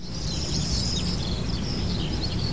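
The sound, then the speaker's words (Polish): Birds sing outdoors in a steady stream of high, wavering chirps and trills, with a soft low rumble underneath and no voices. “O, słońce świeci, ptaki śpiewają. Fajnie. Chwila kontemplacji z przyrodą. O. Podziwiam. Wącham kwiaty, słucham wspaniałych dźwięków ptaków, przyrody.”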